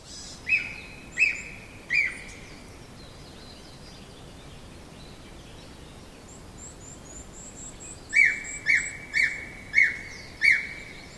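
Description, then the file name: Japanese green woodpecker calling in clear, level whistled notes, three spaced apart, then a quicker series of five after a pause; faint high chirps from another bird. "aogera"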